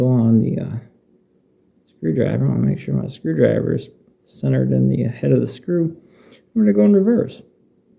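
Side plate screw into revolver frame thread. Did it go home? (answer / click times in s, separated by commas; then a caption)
no / none. Someone talks while a screwdriver is centred in the head of a revolver side plate screw, set to turn it in reverse so its thread aligns with the frame thread. Only speech with pauses is heard; the screw is still loose and nothing has seated or clicked yet.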